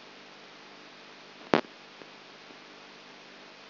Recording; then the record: brain microelectrode recording played as sound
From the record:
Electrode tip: outside the subthalamic nucleus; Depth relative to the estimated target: 3 mm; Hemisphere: left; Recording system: AlphaMap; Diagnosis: Parkinson's disease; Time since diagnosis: 12 years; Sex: female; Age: 59 years